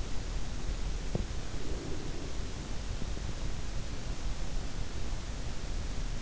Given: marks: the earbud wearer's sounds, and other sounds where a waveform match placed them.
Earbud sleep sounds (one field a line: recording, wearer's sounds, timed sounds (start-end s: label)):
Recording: sounds in sleep by an in-ear microphone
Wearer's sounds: breath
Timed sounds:
1.37-3.62 s: breath